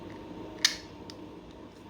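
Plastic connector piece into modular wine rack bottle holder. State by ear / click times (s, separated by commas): seated / 0.7 s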